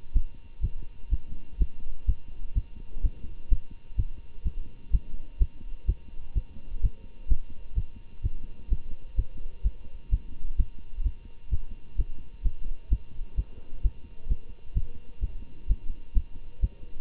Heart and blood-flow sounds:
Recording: heart sounds by stethoscope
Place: between the tricuspid and mitral areas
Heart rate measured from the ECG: 127 bpm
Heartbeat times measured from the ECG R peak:
0.13 s: heartbeat
0.60 s: heartbeat
1.10 s: heartbeat
1.58 s: heartbeat
2.06 s: heartbeat
2.54 s: heartbeat
3.02 s: heartbeat
3.49 s: heartbeat
3.96 s: heartbeat
4.43 s: heartbeat
4.91 s: heartbeat
5.38 s: heartbeat
5.86 s: heartbeat
6.34 s: heartbeat
6.81 s: heartbeat
7.28 s: heartbeat
7.74 s: heartbeat
8.22 s: heartbeat
8.69 s: heartbeat
9.15 s: heartbeat
9.62 s: heartbeat
10.10 s: heartbeat
10.56 s: heartbeat
11.03 s: heartbeat
11.50 s: heartbeat
11.96 s: heartbeat
12.42 s: heartbeat
12.89 s: heartbeat
13.35 s: heartbeat
13.82 s: heartbeat
14.28 s: heartbeat
14.73 s: heartbeat
15.20 s: heartbeat
15.67 s: heartbeat
16.13 s: heartbeat
16.60 s: heartbeat
From the record:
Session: Bruce protocol treadmill stress test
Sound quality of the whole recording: good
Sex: male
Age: 25 years

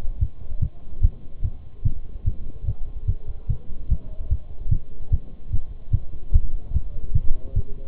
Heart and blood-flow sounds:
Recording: heart sounds by stethoscope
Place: between the tricuspid and mitral areas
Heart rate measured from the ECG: 147 bpm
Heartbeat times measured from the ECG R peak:
0.21 s: heartbeat
0.62 s: heartbeat
1.03 s: heartbeat
1.44 s: heartbeat
1.85 s: heartbeat
2.26 s: heartbeat
2.67 s: heartbeat
3.08 s: heartbeat
3.50 s: heartbeat
3.91 s: heartbeat
4.31 s: heartbeat
4.72 s: heartbeat
5.12 s: heartbeat
5.53 s: heartbeat
5.93 s: heartbeat
6.34 s: heartbeat
6.75 s: heartbeat
7.15 s: heartbeat
7.56 s: heartbeat
From the record:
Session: Bruce protocol treadmill stress test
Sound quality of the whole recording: partially saturated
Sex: male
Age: 23 years

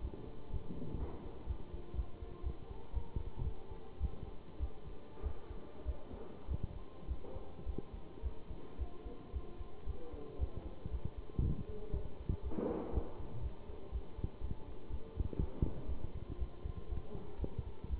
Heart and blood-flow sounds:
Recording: heart sounds by stethoscope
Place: between the tricuspid and mitral areas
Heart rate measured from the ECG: 114 bpm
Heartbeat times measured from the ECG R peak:
0.49 s: heartbeat
0.97 s: heartbeat
1.46 s: heartbeat
1.94 s: heartbeat
2.42 s: heartbeat
2.92 s: heartbeat
3.43 s: heartbeat
3.99 s: heartbeat
4.59 s: heartbeat
5.22 s: heartbeat
5.85 s: heartbeat
6.47 s: heartbeat
7.07 s: heartbeat
7.65 s: heartbeat
8.22 s: heartbeat
8.77 s: heartbeat
9.32 s: heartbeat
9.85 s: heartbeat
10.38 s: heartbeat
10.90 s: heartbeat
11.41 s: heartbeat
11.92 s: heartbeat
12.42 s: heartbeat
12.92 s: heartbeat
13.41 s: heartbeat
13.91 s: heartbeat
14.40 s: heartbeat
14.89 s: heartbeat
15.38 s: heartbeat
15.87 s: heartbeat
16.37 s: heartbeat
16.88 s: heartbeat
17.38 s: heartbeat
17.89 s: heartbeat
From the record:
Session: Bruce protocol treadmill stress test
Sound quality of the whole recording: good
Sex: male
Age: 23 years

